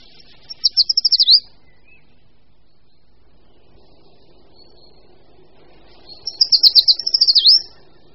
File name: Šoupálek-dlouhoprstý